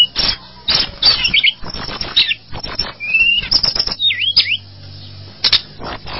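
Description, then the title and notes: Bird song in short bursts of chips and rattles, with a few clear whistled notes and quick swooping slurs between quieter gaps. "Bird Sound. Kicau Burung Lengkap"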